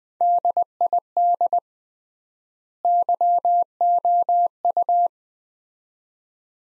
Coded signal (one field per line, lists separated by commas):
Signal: Morse code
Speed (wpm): 20 wpm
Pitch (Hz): 700 Hz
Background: none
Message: DID YOU